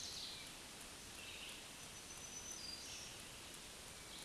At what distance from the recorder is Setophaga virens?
about 35 m